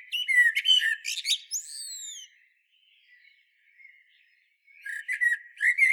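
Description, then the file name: Common blackbird phrase of quick warbled whistles ending in descending squeaky notes, a pause, then another fluty phrase starting. "Turdus merula"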